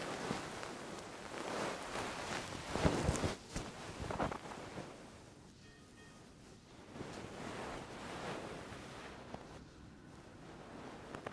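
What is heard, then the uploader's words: Fluffy microphone covers are scratched and brushed, giving a rough, rustling hiss that swells and fades in uneven strokes. The strongest, sharpest rubbing bursts come around three to four seconds, then the brushing turns softer and steadier with brief quieter gaps. ASMR DEEP 3Dio FLUFFY Mic Scratching and Brushing with Covers.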